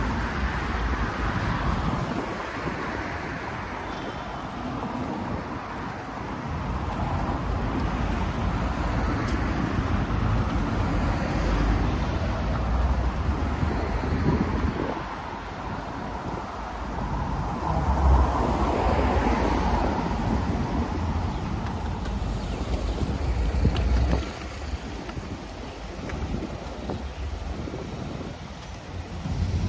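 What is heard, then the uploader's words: Street sounds from a walk in Tel Aviv: a dense, steady low rumble of traffic and gusty wind, swelling near fifteen and twenty seconds. Street Sounds. Walking In Tel Aviv, Israel.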